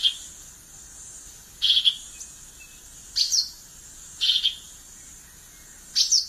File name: canto do guriata